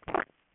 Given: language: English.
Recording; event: throat vibration sensor signal played as sound; swallow